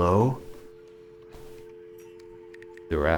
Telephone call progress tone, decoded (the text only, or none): dial tone